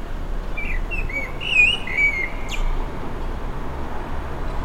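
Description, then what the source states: Blackbird singing a short warbled phrase of fluty notes followed by a thin high twitter, with steady low background noise underneath. Recorded 29 May 2020.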